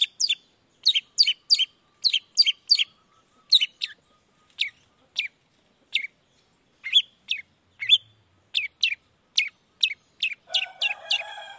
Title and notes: Cendet Gacor Dor Di Kala Pagi Toet Toet Variasi Suara J. Cendet Gacor Langsung Nyaut Emosi Hanya dengan Sekali Putar Bikin Cendet Lainya Cepat Respon Bunyi. Burung cendet